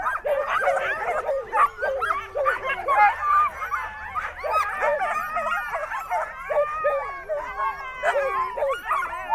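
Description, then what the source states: Sled dogs howling together, a dense mix of rising and falling howls, yelps and short barks from many dogs without a break. A sled dog "concert", filed among farmyard animal sounds.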